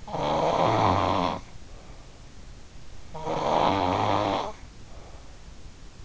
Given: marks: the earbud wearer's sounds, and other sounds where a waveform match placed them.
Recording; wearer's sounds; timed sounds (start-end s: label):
sounds in sleep by an in-ear microphone; snoring breath
0.01-2.07 s: snoring breath
3.10-5.53 s: snoring breath